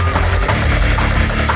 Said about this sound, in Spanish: Se escuchan más disparos al interior.